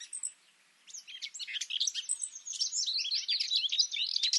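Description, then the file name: Common nightingale song: a few notes, a brief pause, then a rich, fast jumble of high chirps and buzzy notes running continuously. "Luscinia megarhynchos"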